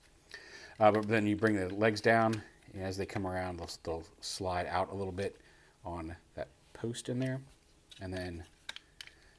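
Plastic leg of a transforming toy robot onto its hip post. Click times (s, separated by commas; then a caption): 8.7 s, 9.0 s. Someone talks while transforming a Transformers Studio Series 86 Leader Grimlock toy robot (with Wheelie), bringing its plastic legs down so they slide out a little on the hip post. Sharp plastic clicks at 8.7 s and 9.0 s mark the leg snapping into place on the post, fully seated.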